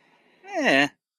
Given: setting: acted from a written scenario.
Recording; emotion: vocal sound without words; neutral